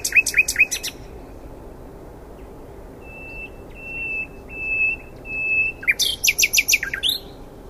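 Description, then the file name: Common nightingale phrases: quick stuttered notes, then four spaced pure whistles swelling in volume, ending in a sharp chattering burst, with steady background noise. "Luscinia megarhynchos"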